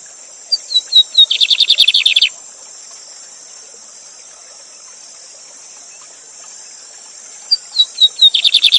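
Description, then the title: Lined seedeater song in two bursts: a few whistled notes, then a rapid run of buzzy repeated notes, the second burst starting several seconds later, over steady rushing water hiss. Teacher bird for song training, singing the Gavião negro song style live beside a waterfall. "Novo Canto de Bigodinho. Bigode Gavião negro professor de canto cantando ao vivo com cascata!"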